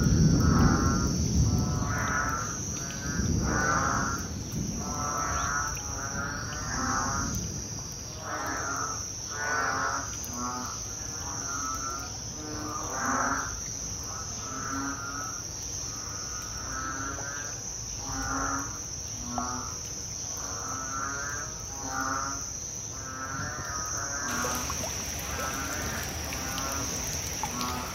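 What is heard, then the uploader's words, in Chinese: A bullfrog chorus calls over and over, deep throaty croaks arriving roughly once a second and overlapping from several frogs. A steady, thin insect whine runs high above them throughout, and a low rumble fills the first few seconds. 每到春夏雨季。大悲殿外就會進駐一批牛蛙合唱團。搭配在地音樂家蟋蟀。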